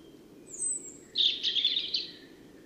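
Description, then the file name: European robin singing: a thin, very high whistled note, then a rapid tinkling, jumbled warble that runs for about a second over a steady low background hum. "Erithacus rubecula"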